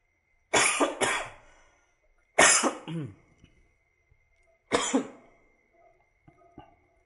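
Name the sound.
coughing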